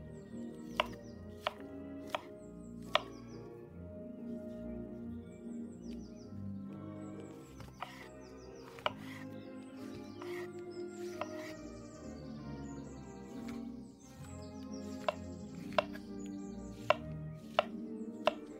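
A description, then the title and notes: Soft oldies music plays steadily underneath while sharp knife chops and clinks of kitchen work ring out every second or two throughout. 19th century | Vintage kitchen ASMR Ambience | cooking with oldies playing. Granny is cooking in the kitchen while oldies music playing from living room.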